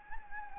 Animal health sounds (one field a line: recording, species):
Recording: mosquito wingbeat signal from an infrared sensor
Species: Anopheles gambiae